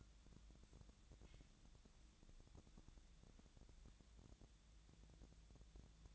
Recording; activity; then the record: daily activity, microphone in the room; wipe stove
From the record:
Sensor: 3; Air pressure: 1000.4 hPa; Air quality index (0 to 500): 178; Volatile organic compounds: 3 ppm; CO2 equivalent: 1538 ppm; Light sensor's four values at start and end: 14/35/15/15 and 14/35/15/15